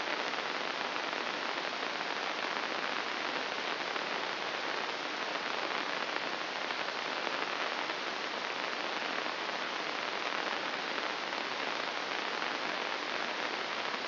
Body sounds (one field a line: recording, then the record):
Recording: brain microelectrode recording played as sound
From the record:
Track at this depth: inside the subthalamic nucleus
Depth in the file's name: 1.806 mm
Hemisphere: right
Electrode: 2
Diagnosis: Parkinson's disease